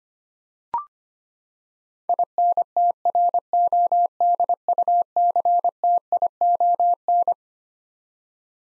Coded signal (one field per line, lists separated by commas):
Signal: Morse code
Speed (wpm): 25 wpm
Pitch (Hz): 700 Hz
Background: none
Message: INTRODUCTION